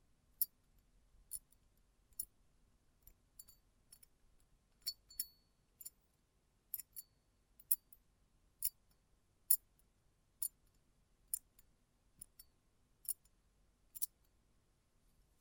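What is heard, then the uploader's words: Close-up metallic clicks and snips repeat at a steady pace, roughly once a second, bright and sharp against a quiet low hum. ASMR Close Up Metallic Sounds (No Talking).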